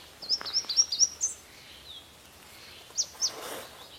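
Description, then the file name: Red warbler song: a quick run of five high, sharp chirping notes, then two more after a pause, over faint background hiss. "Canto do mariquita vermelha"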